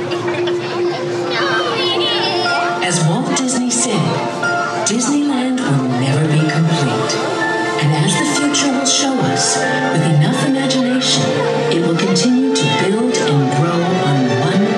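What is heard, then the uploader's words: Small World's chime rings as a few steady, held tones running through all fifteen seconds, beneath a dense, constant layer of overlapping voices talking. Brief bright clinks and chatter rise now and then, and the overall loudness stays even. This recording captures Small World’s chime from when it strikes 9:30PM as well as shows exit music. Unfortunately my levels were a little high on the recording.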